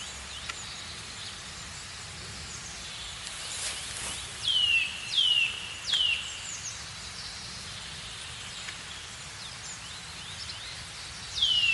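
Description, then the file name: Eurasian nuthatch calling: three sharp descending whistles under a second apart, then a pause and one more, with faint bird chatter behind. "Sitta europaea"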